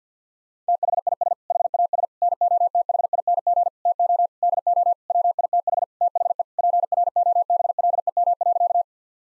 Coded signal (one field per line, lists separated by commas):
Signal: Morse code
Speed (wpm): 50 wpm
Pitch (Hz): 700 Hz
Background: none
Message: THIS HAS NOTHING TO DO WITH THE PROBLEM.